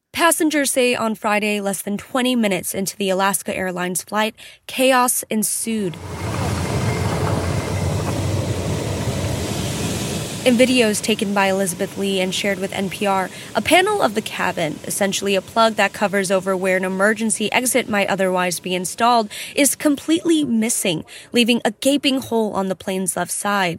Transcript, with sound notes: Passengers say on Friday, less than 20 minutes into the Alaska Airlines flight, chaos ensued. (SOUNDBITE OF AIR WHOOSHING) In videos taken by Elizabeth Le and shared with NPR, a panel of the cabin, essentially a plug that covers over where an emergency exit might otherwise be installed, is completely missing, leaving a gaping hole on the plane's left side.